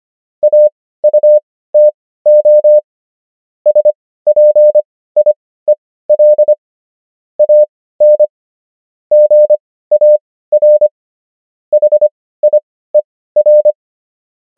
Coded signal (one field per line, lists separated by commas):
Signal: Morse code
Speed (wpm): 25 wpm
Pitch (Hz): 600 Hz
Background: none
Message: AUTO SPIEL AN GAR HIER